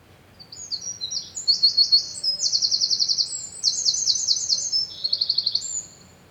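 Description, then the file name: Eurasian wren belting out a high, loud song of sharp trills and rattling note series, racing along for over five seconds without pause. "Troglodytes troglodytes"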